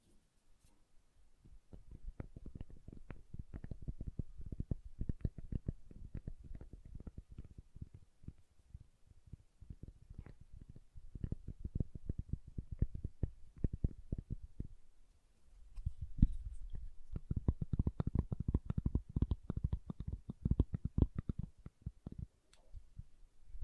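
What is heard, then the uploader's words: Dry tapping and scraping on a bar of soap, in rapid irregular bursts that pause near fifteen seconds, then return louder. ASMR SoftHard Soap Tapping and Carving (No Talking).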